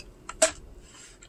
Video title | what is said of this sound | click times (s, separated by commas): The Giz Wiz #1976: That Ship Has Sailed | when it goes back this way it unlocks | 0.4 s